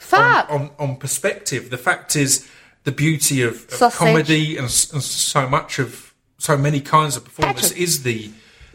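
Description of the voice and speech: An adult man speaks with repeated single-syllable words, "on, on, on", "of, of", "and, and", plus drawn-out sounds and brief pauses between otherwise fluent phrases. These whole-word repetitions and prolongations fit a mild stutter, one he has had since growing up, in which certain words get stuck and he cannot get them out.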